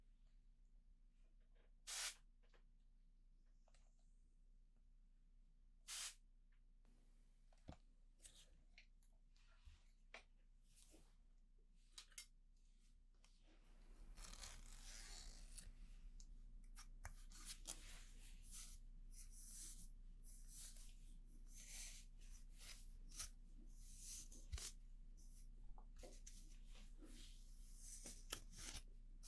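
A haircut session with a steady low hum underneath and sparse snipping clicks over the first half, including a few sharp ones around 2 and 6 seconds. At about 14 seconds a louder, denser stretch begins, with rapid crisp snips and bursts of spray-like hiss continuing to the end.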